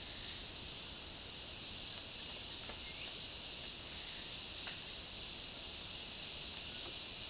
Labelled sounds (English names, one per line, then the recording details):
none
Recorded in dense forest near Puerto Asís, Putumayo, Colombia, on 21 February 2024 at 13:00
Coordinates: 0.502, -76.324
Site G6370